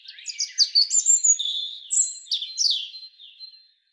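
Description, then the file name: European robin song: one rapid phrase of bright, high whistles and trills that fades out near the end. "Erithacus rubecula"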